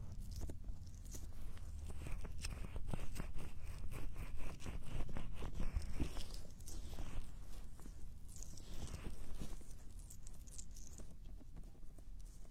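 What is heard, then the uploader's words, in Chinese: Ear cleaning: a dense, uneven run of scratchy crackles and sharp clicks, with brief rustling sweeps in between. A low, muffled rumble sits underneath throughout, and the scraping comes in bursts rather than a steady rhythm. 掏耳朵。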